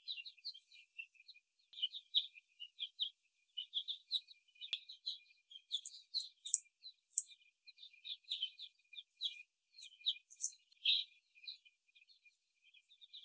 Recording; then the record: young laying hens in a cage, short pieces joined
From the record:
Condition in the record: before the stressor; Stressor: simulated dog barking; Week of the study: 1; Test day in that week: 2